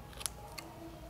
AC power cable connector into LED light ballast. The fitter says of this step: just plug this in here you're gonna hear a click